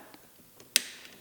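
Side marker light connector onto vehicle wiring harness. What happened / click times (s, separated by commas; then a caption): The connector snapped into place / 0.8 s. An LED side marker light connector on a Porsche (991, 981 and 718) is pulled onto the vehicle wiring harness with a pick. Two faint ticks come first, then one sharp, loud snap at 0.8 s. The connector is seated.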